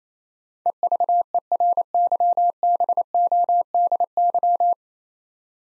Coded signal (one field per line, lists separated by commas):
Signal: Morse code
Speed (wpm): 28 wpm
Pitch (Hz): 700 Hz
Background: none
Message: EVERYBODY